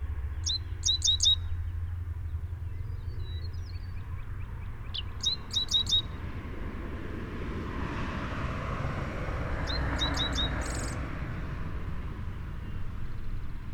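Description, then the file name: Dickcissel singing three times, each a short run of sharp chips, the last ending in a buzz, as a broad background noise swells around the last song. "Dickcissel - Spiza americana"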